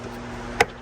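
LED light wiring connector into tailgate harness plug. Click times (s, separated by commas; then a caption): 0.6 s. A wiring connector for a 48-diode tailgate LED light upgrade on a 2021-or-newer Model S or X is pushed into the tailgate harness plug until it locks in place. Against a quiet background hum, a single sharp click is heard at 0.6 s, and the connector is seated, with the light coming on right after.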